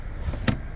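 In a 2024 VW Tiguan 2.0T SEL R-Line 4Motion, the cargo-area seat pull on the second side is pulled and the rear seatback latch releases. There is a sharp clunk at 0.5 s and the seat folds forward. There is low background rumble and no talk in the clip.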